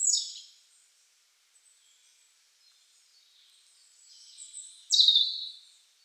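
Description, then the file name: European robin with a brief high twitter at the start, faint soft warbling, then a sudden sharp, high trilled phrase. "Erithacus rubecula"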